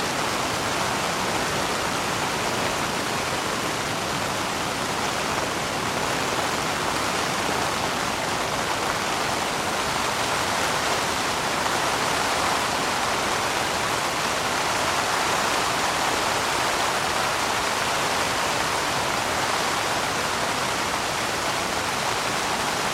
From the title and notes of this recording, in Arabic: جنتل رين أون تنت. هذا الصوت اللطيف للمطر، المُسجل بجودة عالية وبتقنية ثلاثية الأبعاد، يأخذك إلى قلب مكان هادئ ونائي في الريف. خرير قطرات المطر المتناغم.